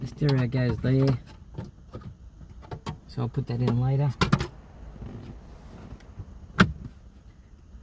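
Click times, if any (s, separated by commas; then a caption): 6.6 s. A plastic center console trim panel on a 2003–2007 Toyota Corolla is pressed back into its dashboard clips after the center console hinge door repair, while someone talks. After a few faint taps and handling noises, a sharp click at 6.6 s marks the panel seating in place.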